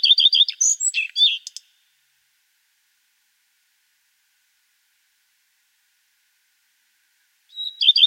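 Common redstart: the rapid repeated notes and twittered close of one song, a long silence, then the whistled opening of the next.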